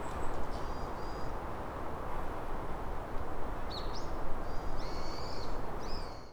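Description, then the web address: Japanese tit calls: a short run of thin high notes, then a few sharp upslurred notes and a few more high calls, over a strong steady low rumble. Recorded on 4 January 2018. "kotorinomori kotori shijukara"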